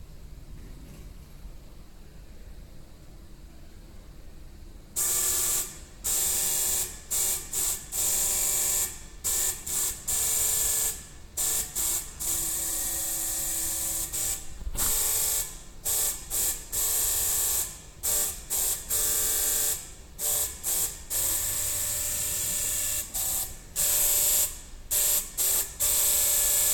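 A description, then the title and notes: Hydraulic valves switch rapidly to play tones: a quiet low hum for five seconds, then a loud hissing buzz with frequent abrupt cutoffs and pitch changes. DDPlayer - playing music with hydraulic pumps. Using fast-switching digital hydraulic valves to play notes. MIDI keyboard -> Linux -> Pump Controller.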